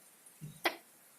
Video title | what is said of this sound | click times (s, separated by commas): Tune Up Supra x 125 2015 PGMFI | Nah itu sudah terbunyi tik. | 0.7 s